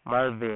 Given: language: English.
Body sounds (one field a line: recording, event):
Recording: throat vibration sensor signal played as sound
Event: speech